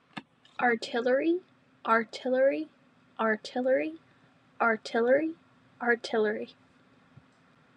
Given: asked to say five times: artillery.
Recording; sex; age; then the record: repeated word; female; 20 to 29 years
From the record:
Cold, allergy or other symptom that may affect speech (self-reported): no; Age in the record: 20 years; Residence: Texas, United States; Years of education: 15